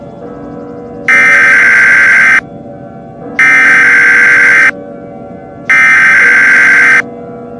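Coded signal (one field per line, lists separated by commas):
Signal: Emergency Alert System (SAME) tones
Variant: header bursts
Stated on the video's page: Fictional EAS tones in an animated film, stated to be valid tones.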